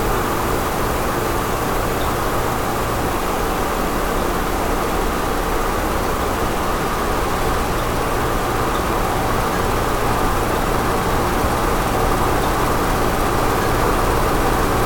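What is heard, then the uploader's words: A quiet office filled with a steady, even hiss of ventilation or air handling that never changes across the recording. A low, soft hum sits underneath, and no voices, footsteps or distinct events stand out. QUIET OFFICE • The Quieter Version of Calm Office.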